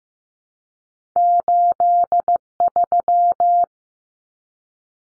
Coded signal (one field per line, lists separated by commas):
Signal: Morse code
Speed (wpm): 15 wpm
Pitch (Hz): 700 Hz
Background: none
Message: 83